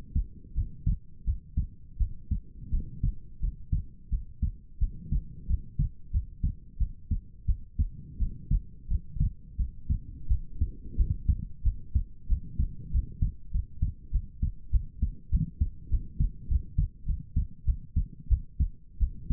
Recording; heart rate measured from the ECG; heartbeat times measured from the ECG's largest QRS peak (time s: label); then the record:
heart sounds by stethoscope; 91 bpm
0.53 s: heartbeat
1.24 s: heartbeat
1.97 s: heartbeat
2.69 s: heartbeat
3.39 s: heartbeat
4.09 s: heartbeat
4.78 s: heartbeat
5.46 s: heartbeat
6.10 s: heartbeat
6.77 s: heartbeat
7.45 s: heartbeat
8.17 s: heartbeat
8.87 s: heartbeat
9.56 s: heartbeat
10.27 s: heartbeat
10.95 s: heartbeat
11.62 s: heartbeat
12.27 s: heartbeat
12.90 s: heartbeat
13.51 s: heartbeat
14.11 s: heartbeat
14.70 s: heartbeat
15.29 s: heartbeat
15.89 s: heartbeat
16.47 s: heartbeat
17.05 s: heartbeat
17.64 s: heartbeat
18.28 s: heartbeat
18.98 s: heartbeat
From the record:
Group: healthy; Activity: rest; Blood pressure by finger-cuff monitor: 79/59 mmHg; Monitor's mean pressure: 66 mmHg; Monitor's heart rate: 91 bpm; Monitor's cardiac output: 6.6 L/min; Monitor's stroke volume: 74 mL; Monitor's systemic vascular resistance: 670 dyn s/cm5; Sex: female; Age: 19 years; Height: 163 cm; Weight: 48.9 kg